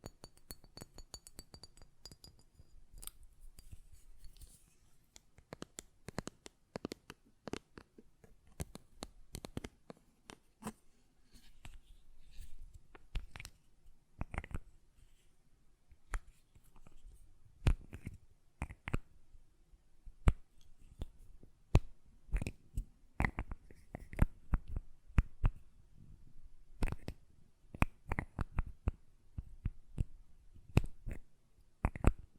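Glass perfume bottles tapped and handled, with sharp clicks and light knocks arriving in irregular clusters throughout, some bright and ringing briefly. The taps grow denser and louder after the first few seconds, with a faint high tone lingering near the start.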